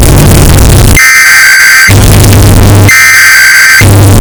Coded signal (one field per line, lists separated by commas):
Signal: Emergency Alert System (SAME) tones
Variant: header bursts